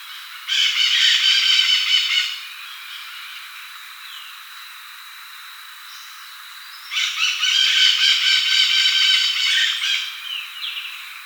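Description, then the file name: Bird calls: two long, loud rasping rattles, the second longer, separated by a quiet gap with a faint thin note and a steady high hum. "SABIOD 50 bird 2015"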